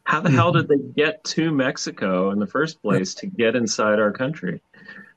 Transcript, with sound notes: How the hell did they get to Mexico in the first place-
(laughs)
... to get inside our country?